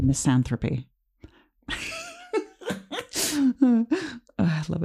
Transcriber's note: giggles